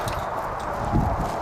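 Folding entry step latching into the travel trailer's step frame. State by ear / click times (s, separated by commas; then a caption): not seated / none. The folding oversized entry step of a 2022 Keystone Hideout 28RKS travel trailer is being lifted up toward its stowed position, where it latches into the step frame. A steady broadband hiss runs throughout, with a dull low thump around 1.0 s. The step is still being handled and has not clicked into place or seated yet.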